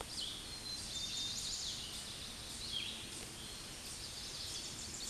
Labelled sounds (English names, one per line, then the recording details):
Chestnut-sided Warbler song
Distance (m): 40 m
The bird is about 10 m above the microphone
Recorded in a Pennsylvania forest on 16 May 2024 at 08:16
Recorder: AudioMoth, point MSD-2453
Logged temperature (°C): 16.3 °C
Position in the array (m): 184 m, 189 m